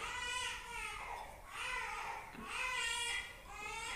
The baby crying in the background.